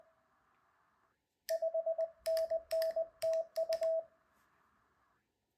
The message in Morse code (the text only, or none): 5NN TU